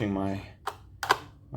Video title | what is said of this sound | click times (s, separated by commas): Comic Book CPR: Booster Gold #1 (Part 1: Crack) | pops here as I go along the edge. | 1.0 s, 1.1 s